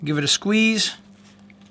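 Someone talks while pliers are positioned to squeeze a metal crimp ring back over the valve stem on the rubber tubing of a B Strong blood flow restriction band. Faint ticks are heard near 1.5 and 1.6 seconds against a steady low hum. Nothing has seated or clicked yet; the ring is still being handled.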